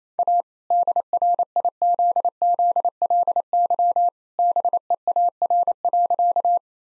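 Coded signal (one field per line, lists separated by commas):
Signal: Morse code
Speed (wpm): 28 wpm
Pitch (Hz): 700 Hz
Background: none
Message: A DRIZZLY BEAR.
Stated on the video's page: Morse practice set of all-age jokes at 28 wpm using contextual priming.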